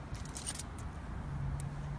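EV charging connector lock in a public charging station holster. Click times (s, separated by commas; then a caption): 0.4 s. A J1772 charging connector held in the holster of a public charging station unlocks after an RFID card is tapped and the station authorizes it, with a sharp click at 0.4 s. The click sounds over a steady low hum, and a second faint transient comes at 1.6 s. The connector is released from its lock.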